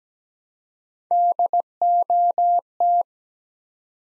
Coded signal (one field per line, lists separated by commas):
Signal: Morse code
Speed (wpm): 17 wpm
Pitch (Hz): 700 Hz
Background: none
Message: DOT